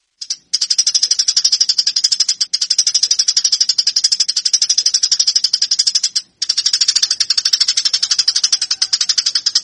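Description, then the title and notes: Eurasian tree sparrow fighting calls: steady, rapid, rasping high chirps with a few brief pauses. Fighting call of tree sparrows, used as a master training recording for birds. "GEREJA TARUNG. burung gereja"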